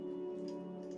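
A plastic Lego part on a Batmobile Tumbler model (set 76240) is handled and taken back by a builder unsure it was fitted properly. Steady music plays underneath, with a brief sharp tick at 0.98 s as the clip ends, and nothing has seated yet.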